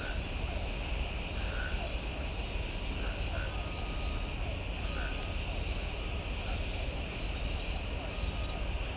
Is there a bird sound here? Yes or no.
no